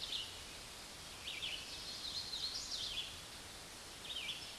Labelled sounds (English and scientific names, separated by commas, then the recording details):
Red-eyed Vireo (Vireo olivaceus) song
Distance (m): 15 m
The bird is about 5 m above the microphone
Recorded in a Pennsylvania forest on 16 May 2024 at 06:15
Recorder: AudioMoth, point MSD-2258
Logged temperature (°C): 15.2 °C
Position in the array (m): 155 m, 65 m